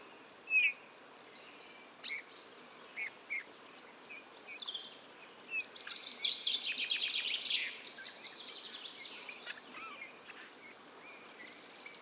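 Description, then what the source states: Eurasian bullfinch: a few separate loud clicking notes, then a quiet, dense twittering babble for a few seconds, trailing into soft scattered whistles. Male in breeding plumage perched on a budding blackthorn at La Sarcena, Drôme, France, 15 March 2020; a few calls then a soft, barely audible babbling song; recorded with Nagra Seven and Telinga Pro7 parabola.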